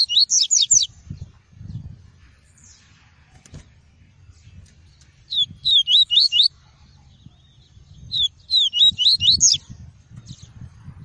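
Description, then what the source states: Double-collared seedeater singing three phrases of quick, high, slurred notes spaced a few seconds apart, with low background rumble between them. "Tui-tui" song variety.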